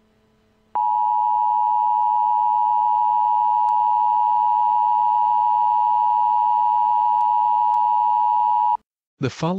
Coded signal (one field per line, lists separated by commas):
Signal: Emergency Alert System (SAME) tones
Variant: 853 and 960 Hz attention tone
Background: speech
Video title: EAS Scenario- The Innocent Part 1- Where it all begins